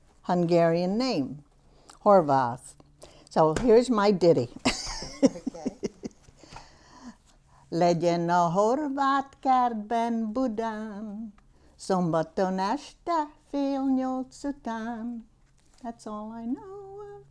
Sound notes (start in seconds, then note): 4.5 she sings in Hungarian; 4.6 she laughs